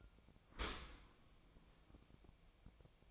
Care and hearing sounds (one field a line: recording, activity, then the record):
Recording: daily activity, microphone in the room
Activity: open dishwasher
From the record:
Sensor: 1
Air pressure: 1003.1 hPa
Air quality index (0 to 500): 196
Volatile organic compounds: 6 ppm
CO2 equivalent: 1875 ppm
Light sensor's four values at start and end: 16/40/17/20 and 16/40/17/20